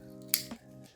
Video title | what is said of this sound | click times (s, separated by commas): THE BEST MINI 4K BODY CAM UNDER $80 (72525) | This mount, the rotating, and you know, it just pops right inside. | 0.3 s